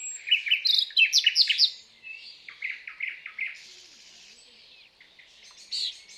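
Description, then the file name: Common nightingale song: loud bursts of rapid repeated notes, then a second series of clipped notes and softer buzzy phrases. "Luscinia megarhynchos"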